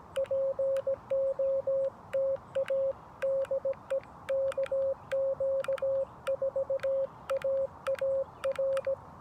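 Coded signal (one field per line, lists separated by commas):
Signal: Morse code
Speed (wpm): 17 wpm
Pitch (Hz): 540 Hz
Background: none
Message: POTA DE KQ4AAR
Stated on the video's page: CW sent at about 17 wpm with a 3D-printed paddle on a Xiegu G90 during portable Parks On The Air activation QSOs at a state park.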